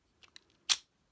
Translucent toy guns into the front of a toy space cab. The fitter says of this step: and they click into place.